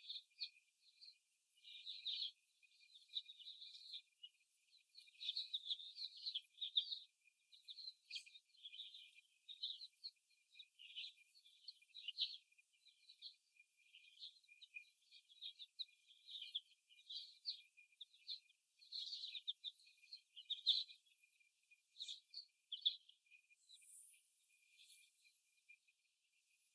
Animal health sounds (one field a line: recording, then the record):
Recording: young laying hens in a cage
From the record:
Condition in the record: before the stressor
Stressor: simulated dog barking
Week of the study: 1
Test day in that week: 1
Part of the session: 2